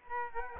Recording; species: mosquito wingbeat signal from an infrared sensor; Aedes albopictus